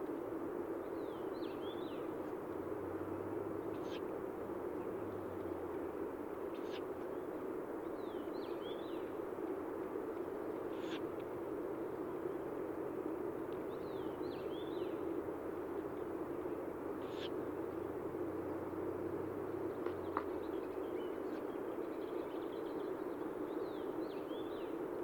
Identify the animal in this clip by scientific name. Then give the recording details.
Strix uralensis. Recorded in the wild. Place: Dzhalmyn, MN. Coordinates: 48.166, 107.736. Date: 1979-06-10 20:20. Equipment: Nagra III BH, Sennheiser MD 21, parabola. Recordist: Schubert, Michael. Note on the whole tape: Standortrufe von zwei juvenilen Habichtskauzen, adult - Rufe